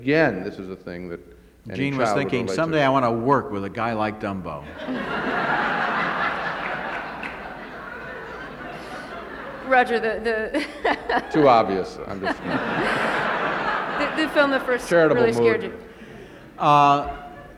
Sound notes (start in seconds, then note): 4.6 soundbite of laughter; 10.6 soundbite of laughter